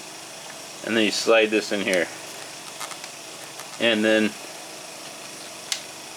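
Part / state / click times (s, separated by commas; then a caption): U-lock into bicycle frame mount bracket / seated / 5.7 s. A heavy steel Kryptonite New York U-lock is slid into its plastic frame-mounted carrier bracket on an Aventon Pace 4 e-bike. Someone talks, then a quiet stretch of sliding follows, and a single sharp click at 5.7 s marks the retaining latch catching. The lock is seated in the bracket.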